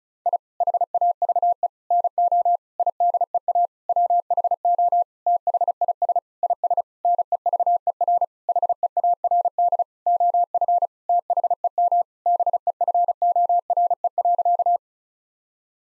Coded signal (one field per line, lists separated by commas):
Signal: Morse code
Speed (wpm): 36 wpm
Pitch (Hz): 700 Hz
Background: none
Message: I HAVE NO IDEA WHO THIS IS NEVER HEARD OF THEM BEFORE.